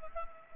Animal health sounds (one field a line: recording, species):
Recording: mosquito wingbeat signal from an infrared sensor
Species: Anopheles arabiensis